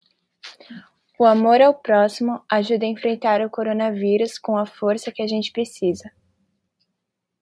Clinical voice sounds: spoken sentence; Brazilian Portuguese; male; 50 to 59 years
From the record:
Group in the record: control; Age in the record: 54 years

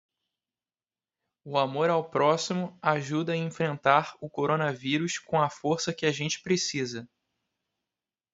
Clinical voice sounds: spoken sentence; Brazilian Portuguese; male; 20 to 29 years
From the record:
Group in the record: control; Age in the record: 28 years

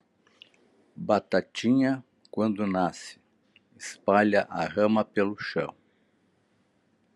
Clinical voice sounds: short text; Brazilian Portuguese; male; 60 to 69 years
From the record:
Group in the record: control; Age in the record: 69 years

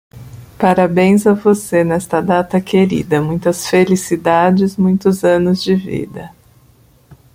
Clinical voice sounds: short text; Brazilian Portuguese; male; 50 to 59 years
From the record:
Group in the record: control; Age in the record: 56 years

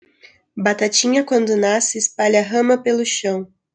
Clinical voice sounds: short text; Brazilian Portuguese; female; 20 to 29 years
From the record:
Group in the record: control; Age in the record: 20 years

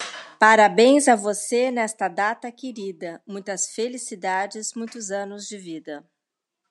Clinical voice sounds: short text; Brazilian Portuguese; female; 50 to 59 years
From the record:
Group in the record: control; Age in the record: 50 years

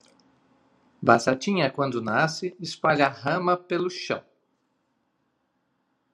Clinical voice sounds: short text; Brazilian Portuguese; male; 50 to 59 years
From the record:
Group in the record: control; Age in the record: 53 years

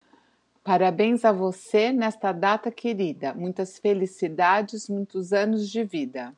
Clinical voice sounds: short text; Brazilian Portuguese; female; 50 to 59 years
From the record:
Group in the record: control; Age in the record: 51 years

